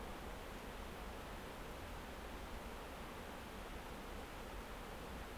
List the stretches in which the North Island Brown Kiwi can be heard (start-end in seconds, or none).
none